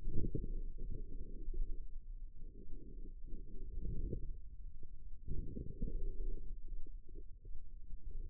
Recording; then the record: forearm muscle sounds (acoustic myography)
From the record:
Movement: wrist flexion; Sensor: system 2, bracelet of six BSWA MPA416 microphones around the upper forearm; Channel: 3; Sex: female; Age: 25 years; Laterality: right